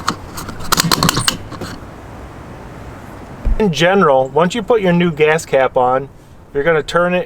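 A new fuel filler cap on a Chrysler 200 is screwed clockwise onto the car's filler neck, on the leak detection pump side, and its torque-limiting ratchet clicks at 0.7, 0.8, 0.9, 1.0 and 1.1 seconds as it tightens. After a short quiet stretch, someone talks.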